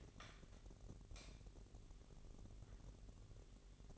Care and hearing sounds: daily activity, microphone in the room; light on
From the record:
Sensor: 4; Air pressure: 1012.7 hPa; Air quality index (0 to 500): 246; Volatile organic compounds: 4 ppm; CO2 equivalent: 1681 ppm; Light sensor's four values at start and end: 15/34/14/14 and 17/44/17/18

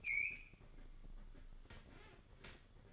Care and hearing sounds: daily activity, microphone in the room; open fridge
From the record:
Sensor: 4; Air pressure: 1008.6 hPa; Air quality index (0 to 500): 71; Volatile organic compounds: 1 ppm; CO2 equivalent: 623 ppm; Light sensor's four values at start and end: 16/36/15/15 and 15/34/14/14

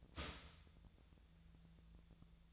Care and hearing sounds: daily activity, microphone in the room; start toaster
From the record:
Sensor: 3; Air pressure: 1009.3 hPa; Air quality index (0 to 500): 197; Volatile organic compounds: 16 ppm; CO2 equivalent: 2559 ppm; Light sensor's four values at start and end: 32/81/34/37 and 32/82/34/37

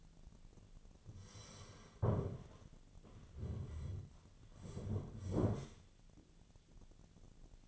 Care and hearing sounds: daily activity, microphone in the room; sit down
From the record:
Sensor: 4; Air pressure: 1008.9 hPa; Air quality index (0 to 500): 170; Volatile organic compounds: 5 ppm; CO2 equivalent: 1707 ppm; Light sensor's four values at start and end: 23/73/28/27 and 23/73/28/27

